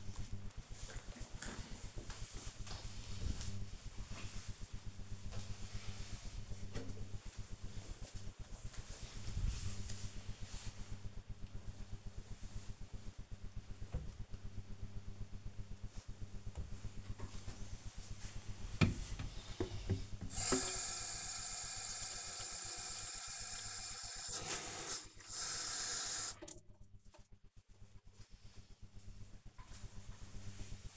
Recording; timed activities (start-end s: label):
household activities, microphone on the right wrist
16.77-30.97 s: watering plant